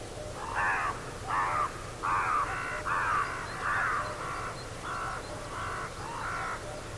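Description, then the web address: Bird giving a string of harsh, cawing calls spaced under a second apart, over a low steady background rumble. "Deverinetal 2025 File origin Bird Only"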